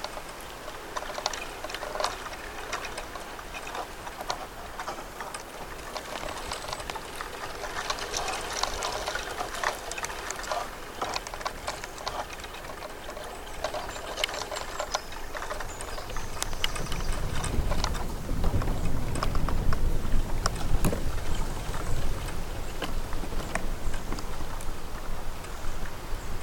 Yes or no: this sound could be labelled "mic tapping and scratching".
no